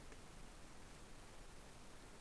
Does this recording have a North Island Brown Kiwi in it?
no